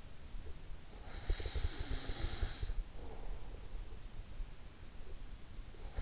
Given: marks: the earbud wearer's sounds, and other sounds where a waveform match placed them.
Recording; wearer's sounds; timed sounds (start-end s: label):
sounds in sleep by an in-ear microphone; snoring breath
0.97-4.10 s: snoring breath